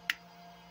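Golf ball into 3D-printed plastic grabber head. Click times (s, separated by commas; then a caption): 0.1 s. A golf ball is pressed into a 3D-printed plastic golf ball grabber cup and snaps past the retaining lip at 0.1 s, making a single short, bright snap with energy concentrated around 2–3 kHz. The ball is now seated and held so it cannot fall out, and a faint steady hum continues underneath.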